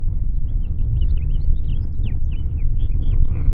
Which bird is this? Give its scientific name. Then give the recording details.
Haemorhous mexicanus. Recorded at Babylon on Long Island, New York, on 21 May 1975. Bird A